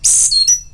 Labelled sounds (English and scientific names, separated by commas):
Stitchbird (Notiomystis cincta) song